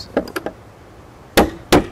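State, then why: Torque reached. A click-type torque wrench set to 75 ft-lb tightens the barrel nut on a bolt-action rifle receiver, with a few light ticks near the start before two loud, sharp clicks at 1.4 s and 1.7 s. The wrench clicks at its setting, confirming the barrel nut is torqued to 75 ft-lb.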